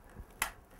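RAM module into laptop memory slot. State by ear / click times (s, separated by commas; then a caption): seated / 0.4 s. A laptop RAM module, already inserted into its memory slot, is pressed down until the side retaining clips snap over it. One sharp, loud snap is heard at 0.4 s, confirming the module is seated, preceded by a faint low thump near 0.2 s.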